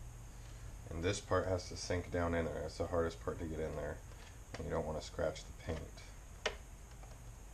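A painted inner bezel for a Dodge Neon SRT-4 headlight is pressed down into the headlight housing with its screw holes lined up while someone talks. A single sharp tick sounds at 6.5 s. The piece is close but still not fully seated in the housing.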